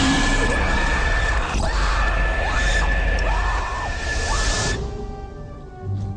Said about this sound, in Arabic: أنا لو هلا قلت هو أنا سمعت حد بيصرخ ولا أنا بيتهيألي ولا الصرخة اللي جات في ودني دي خلتني زي المتجمد.